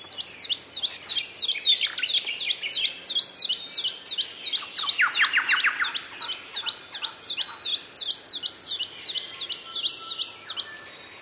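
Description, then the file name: Bird calls: a long, fast series of high, downslurred chirps repeated about three times a second, with a brief lower buzzy passage midway. "BIRD wbsw"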